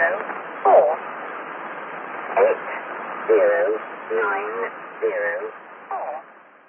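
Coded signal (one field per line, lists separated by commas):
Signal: numbers station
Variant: E03, English female voice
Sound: about six short spoken words, evenly spaced, over steady shortwave hiss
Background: radio static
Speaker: I'm now going to play you a little snippet of a E03 traffic transmission.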